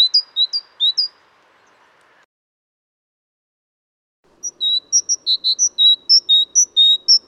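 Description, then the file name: Great tit song, rhythmic high-low note pairs repeated quickly, a short opening bout and a longer series after a pause, with faint low hum behind. "Mesange charbonniere chants"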